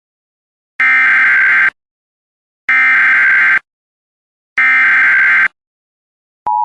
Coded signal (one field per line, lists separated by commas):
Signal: Emergency Alert System (SAME) tones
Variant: header bursts